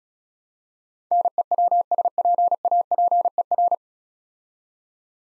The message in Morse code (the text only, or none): NEWSPAPER